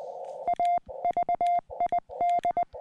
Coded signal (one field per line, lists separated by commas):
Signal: Morse code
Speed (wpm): 20 wpm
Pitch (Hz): 700 Hz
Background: none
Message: AVID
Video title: 5 watts for Summits on the Air on VHF, HF and CW